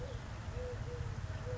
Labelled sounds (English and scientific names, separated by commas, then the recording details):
Eurasian Collared Dove (Streptopelia decaocto)
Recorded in Sonoma County, California